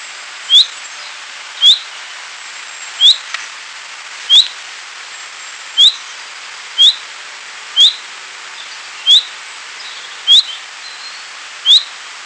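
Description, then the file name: Common chaffinch giving short, sharp upslurred whistled notes, repeated about ten times at slightly uneven intervals, over steady background hiss. "Fringilla coelebs"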